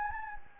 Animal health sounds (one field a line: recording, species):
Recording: mosquito wingbeat signal from an infrared sensor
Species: Anopheles gambiae